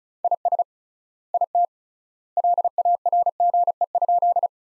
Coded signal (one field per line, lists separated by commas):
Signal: Morse code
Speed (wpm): 36 wpm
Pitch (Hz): 700 Hz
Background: none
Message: IS IT LARGE?